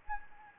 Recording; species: mosquito wingbeat signal from an infrared sensor; Anopheles gambiae